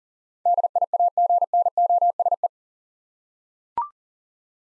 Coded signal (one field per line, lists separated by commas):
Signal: Morse code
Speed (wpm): 37 wpm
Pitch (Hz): 700 Hz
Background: none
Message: DIAGNOSE